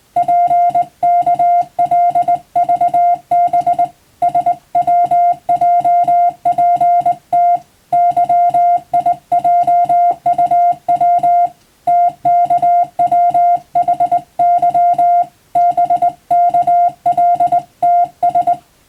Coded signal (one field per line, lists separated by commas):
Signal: Morse code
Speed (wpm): 20 wpm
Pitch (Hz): 700 Hz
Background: music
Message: PKLVB SWJPT YIJUW TKWHY BKLTS